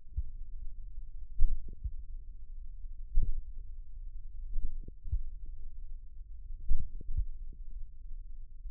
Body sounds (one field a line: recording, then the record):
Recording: forearm muscle sounds (acoustic myography)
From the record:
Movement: finger pinch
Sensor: system 1, eight BSWA MPA416 microphones around the upper forearm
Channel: 6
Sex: male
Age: 54 years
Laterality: right